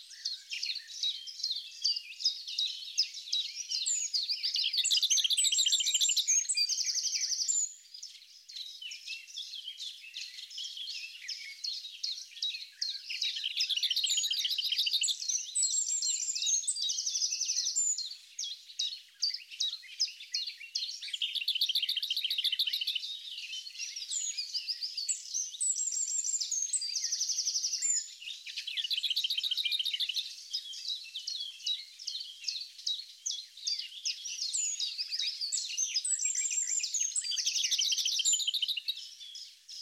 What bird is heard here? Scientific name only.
Sylvia curruca